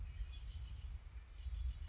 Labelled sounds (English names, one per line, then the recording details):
Red-winged Blackbird
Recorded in Sonoma County, California